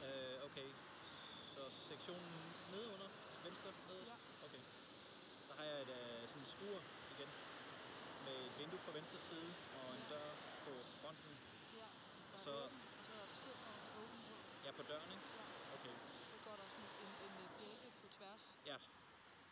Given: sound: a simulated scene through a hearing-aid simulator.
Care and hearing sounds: conversation; traffic; 0 dB SNR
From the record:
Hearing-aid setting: II (fast-acting compression, audibility-based gain, advanced features for about 2.5 dB of SNR improvement); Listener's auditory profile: D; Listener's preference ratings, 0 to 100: 57, 71, 77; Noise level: 75 dB SPL

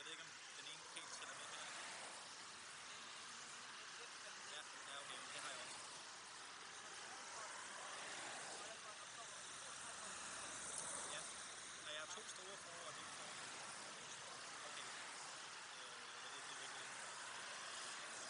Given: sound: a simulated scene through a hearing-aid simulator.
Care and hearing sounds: conversation; traffic; -6 dB SNR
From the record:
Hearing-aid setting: anchor resembling a broken hearing aid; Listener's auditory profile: A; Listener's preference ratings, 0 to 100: 0, 0, 1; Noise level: 75 dB SPL

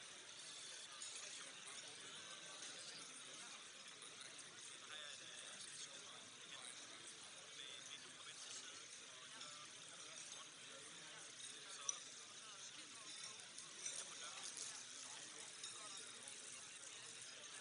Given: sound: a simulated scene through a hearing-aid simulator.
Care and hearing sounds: conversation; cafeteria; -6 dB SNR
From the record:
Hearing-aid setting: anchor resembling a broken hearing aid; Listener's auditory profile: B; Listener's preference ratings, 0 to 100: 17, 4, 6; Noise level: 65 dB SPL

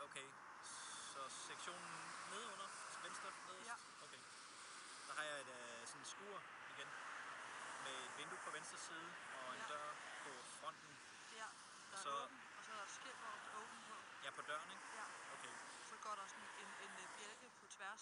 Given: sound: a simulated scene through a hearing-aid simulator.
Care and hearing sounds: conversation; traffic; 0 dB SNR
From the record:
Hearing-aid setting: IV (slow-acting compression, loudness normalization); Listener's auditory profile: A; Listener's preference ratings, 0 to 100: 48, 14, 29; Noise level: 75 dB SPL

